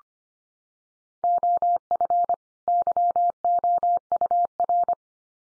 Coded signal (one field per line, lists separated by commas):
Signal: Morse code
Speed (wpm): 25 wpm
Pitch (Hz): 700 Hz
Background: none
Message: OF YOUR